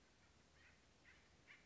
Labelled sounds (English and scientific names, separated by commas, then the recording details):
Acorn Woodpecker (Melanerpes formicivorus)
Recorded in Sonoma County, California